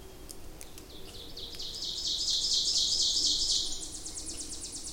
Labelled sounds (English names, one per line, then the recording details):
Ovenbird song
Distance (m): 30 m
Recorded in boreal forest in Alberta, Canada, on 26 May 2016 at 07:26
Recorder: SongMeter 3, array SBT-3-15
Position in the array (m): 38 m, 234 m
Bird 20